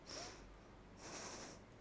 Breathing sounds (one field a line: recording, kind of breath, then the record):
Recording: one breath in and out by a microphone near the nose and mouth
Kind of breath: deep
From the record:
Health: marked as sick, illness not named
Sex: female